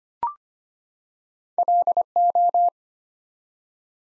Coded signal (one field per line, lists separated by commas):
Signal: Morse code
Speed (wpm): 25 wpm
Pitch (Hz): 700 Hz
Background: none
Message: LO